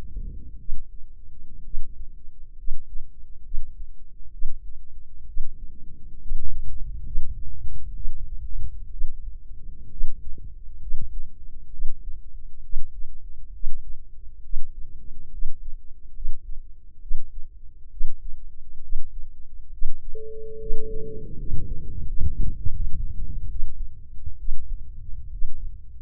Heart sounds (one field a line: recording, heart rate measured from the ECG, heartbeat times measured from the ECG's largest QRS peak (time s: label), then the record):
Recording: heart sounds by microphone in the left ear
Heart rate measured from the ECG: 68 bpm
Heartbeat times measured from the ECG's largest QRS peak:
0.56 s: heartbeat
1.61 s: heartbeat
2.55 s: heartbeat
3.41 s: heartbeat
4.29 s: heartbeat
5.24 s: heartbeat
6.18 s: heartbeat
7.03 s: heartbeat
7.92 s: heartbeat
8.89 s: heartbeat
9.88 s: heartbeat
10.78 s: heartbeat
11.69 s: heartbeat
12.61 s: heartbeat
13.51 s: heartbeat
14.41 s: heartbeat
15.29 s: heartbeat
16.12 s: heartbeat
16.99 s: heartbeat
17.88 s: heartbeat
18.80 s: heartbeat
19.69 s: heartbeat
20.57 s: heartbeat
21.35 s: heartbeat
22.04 s: heartbeat
22.69 s: heartbeat
23.47 s: heartbeat
24.37 s: heartbeat
25.29 s: heartbeat
From the record:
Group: healthy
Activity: rest 0-19 s, breath hold 19-26 s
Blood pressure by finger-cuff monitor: 107/68 mmHg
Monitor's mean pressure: 79 mmHg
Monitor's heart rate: 67 bpm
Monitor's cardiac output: 5.3 L/min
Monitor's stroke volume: 80 mL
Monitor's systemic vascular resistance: 1080 dyn s/cm5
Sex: female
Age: 23 years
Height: 160 cm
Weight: 50.4 kg